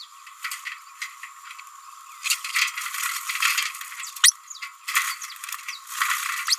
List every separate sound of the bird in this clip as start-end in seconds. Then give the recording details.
4.23-4.34, 6.47-6.56. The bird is a female. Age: 29 days. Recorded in a nest box in Venezuela. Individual 17B31A3